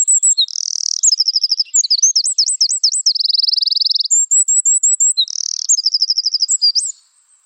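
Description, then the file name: Eurasian wren song: loud, very high, rapid trills, sweeping zigzag notes and a buzzing rattle, then thin whistles and a final trill, lasting about seven seconds. "Troglodytes troglodytes"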